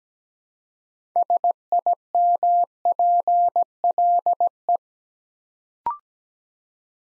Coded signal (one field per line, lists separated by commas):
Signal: Morse code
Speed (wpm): 17 wpm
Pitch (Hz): 700 Hz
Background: none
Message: SIMPLE